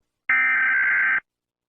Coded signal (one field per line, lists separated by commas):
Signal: Emergency Alert System (SAME) tones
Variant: header bursts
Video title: DO NOT MOVE-EAS scenario